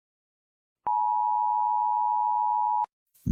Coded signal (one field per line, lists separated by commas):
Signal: Emergency Alert System (SAME) tones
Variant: 853 and 960 Hz attention tone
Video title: THE FALL OF RUSSIA (eas scenario)